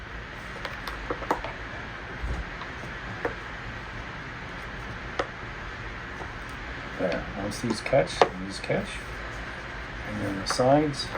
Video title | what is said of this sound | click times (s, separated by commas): Model 3 & Y Steering Wheel Air Bag Top Cover Replacement Variety* | and half steady it you'll hear them click and pop right in there once | 0.6 s, 1.3 s, 3.2 s, 5.2 s